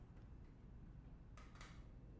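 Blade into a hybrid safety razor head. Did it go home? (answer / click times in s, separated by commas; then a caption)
no / none. A razor head on a Leaf hybrid cartridge safety razor is twisted to clamp down a half-inserted blade, giving only soft metallic handling noises, with brief taps around 1.4 s and 1.6 s and a tiny tick at 2.3 s. The blade is not all the way in, so nothing has seated or clicked yet.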